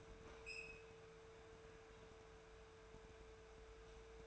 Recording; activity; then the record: daily activity, microphone in the room; open fridge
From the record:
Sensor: 2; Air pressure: 1014.8 hPa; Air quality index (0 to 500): 195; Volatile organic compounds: 17 ppm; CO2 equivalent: 2579 ppm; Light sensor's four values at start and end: 10/24/10/10 and 10/24/10/10